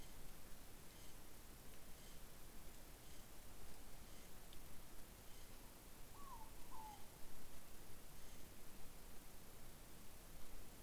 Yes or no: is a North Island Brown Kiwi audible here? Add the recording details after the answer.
no. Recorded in New Zealand on 14 December 2015. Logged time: 00:43. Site CG68